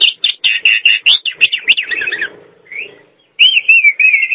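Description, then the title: Nias hill myna giving quick repeated harsh notes that fade into a softer chatter, then a clear wavering whistle after a brief silence. "Jalak Nias"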